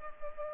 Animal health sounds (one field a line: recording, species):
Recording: mosquito wingbeat signal from an infrared sensor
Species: Culex pipiens